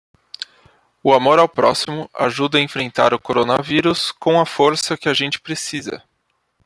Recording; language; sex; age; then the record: spoken sentence; Brazilian Portuguese; male; 30 to 39 years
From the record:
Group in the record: control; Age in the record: 30 years